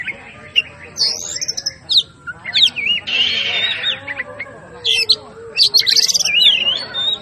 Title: Kacer Langsung Tarung Konslet KACER NGOTOT FULL TEMBAKAN. Suara Masteran Kacer Hercules